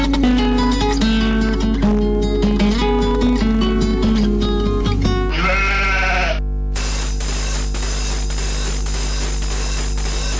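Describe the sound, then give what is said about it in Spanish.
Sheep bleat repeatedly in wavering, nasal cries over a steady low hum, with a brief rattling, ratchet-like stretch partway through before more bleats follow. “Y de esta manera hace su ingreso al estudio una nueva oveja.”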